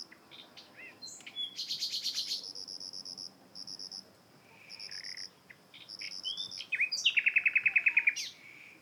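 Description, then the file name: Common nightingale song: rapid rattling trills, clear repeated whistled notes, slurred phrases and a fast buzzy series near the end, over steady background hiss. "Luscinia megarhynchos"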